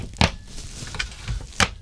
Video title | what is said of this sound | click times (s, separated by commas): 2017 Serenity | And everything just locks in place. | 0.2 s, 1.6 s